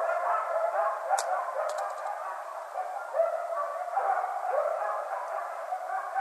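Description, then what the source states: Coyote chorus of mixed yips and short rising and falling howls, overlapping and uneven, with a few brief high ticks early on. Several coyotes, 14 January 2012.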